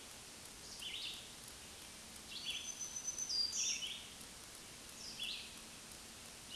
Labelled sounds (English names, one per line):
Black-throated Green Warbler song